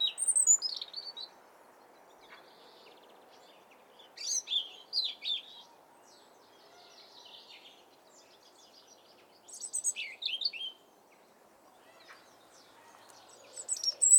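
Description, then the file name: European robin song: a few separate bursts of high, tinkling, rapidly changing notes, spaced by several seconds of near silence. "Erithacus rubecula"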